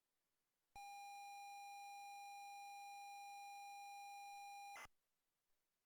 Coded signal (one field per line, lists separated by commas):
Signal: ZX Spectrum tape loading